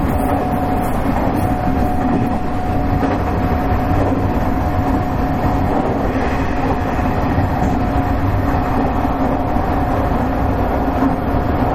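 Running sound recorded aboard an express train: a dense, steady low rumble of wheels and motors fills all twelve seconds at constant loudness. A faint sustained tone hums through the mix, with light rattling texture but no distinct separate events.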